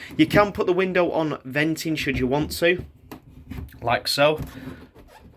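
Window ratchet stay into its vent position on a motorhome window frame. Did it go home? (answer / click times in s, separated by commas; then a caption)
no / none. Someone talks while handling the ratchet anchor stay of a window on a Frankia Exclusiv 640 motorhome, pushing the window toward its venting position on the frame. Soft rubbing and handling sounds follow the talk. Nothing has seated or clicked into the vent position yet.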